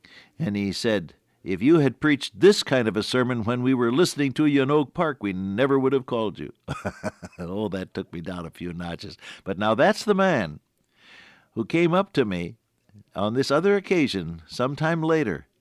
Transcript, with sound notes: and he said, “If you had preached this kind of a sermon when we were listening to you in Oak Park, we never would’ve called you.” [chuckle] Oh, that took me down a few notches. But now that’s the man who came up to me on this other occasion some time later,